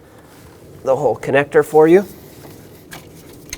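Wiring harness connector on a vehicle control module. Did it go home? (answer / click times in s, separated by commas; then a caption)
released / 3.5 s. Someone talks, then the locking lever on the wiring harness connector at the back of a small control module on a 2013-2020 Nissan Pathfinder is pulled up until it clicks at 3.5 s. The click unlocks and releases the connector.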